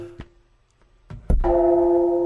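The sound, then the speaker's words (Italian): A few soft clicks and knocks, then a Japanese bell is struck once, its loud, steady tone ringing on with rich, sustained overtones until the end. “Campana giapponese.”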